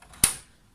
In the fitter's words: you go you'll hear that click now once again these are all plastic clips holding this in